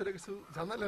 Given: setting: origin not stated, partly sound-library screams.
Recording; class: one-second piece from a danger detection set; normal situation